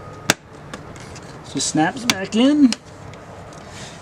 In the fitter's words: looks good under there just snaps back in